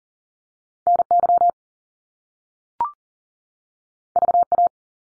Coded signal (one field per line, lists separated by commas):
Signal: Morse code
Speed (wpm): 40 wpm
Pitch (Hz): 700 Hz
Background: none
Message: NY VA